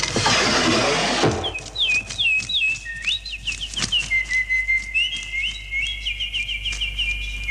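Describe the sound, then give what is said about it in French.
A burst of harsh, hissing noise gives way to a series of high, whistled bird-like chirps, first quick and choppy, then settling into longer warbling trills that carry on to the end. “Tu es maintenant un oiseau. Oui, un oiseau.”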